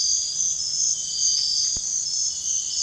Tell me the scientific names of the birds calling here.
none